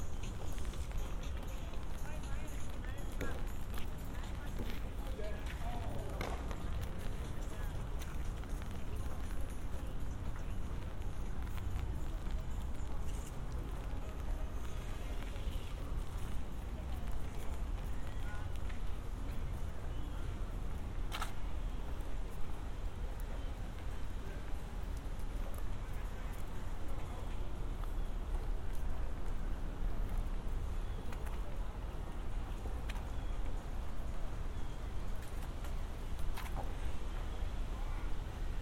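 A walk through Central Park with a steady, dense wash of low rumble and murmuring voices throughout. Scattered short clicks and knocks, likely footsteps or passing activity, break in now and then, with sharper ones near 6, 21 and 36 seconds.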